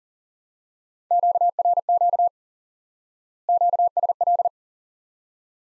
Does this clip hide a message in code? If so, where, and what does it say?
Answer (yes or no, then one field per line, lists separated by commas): yes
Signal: Morse code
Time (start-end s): 1.1-4.5 s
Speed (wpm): 40 wpm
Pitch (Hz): 700 Hz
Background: none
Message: QRQ QSL